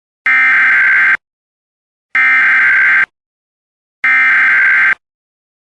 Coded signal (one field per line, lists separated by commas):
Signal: Emergency Alert System (SAME) tones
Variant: header bursts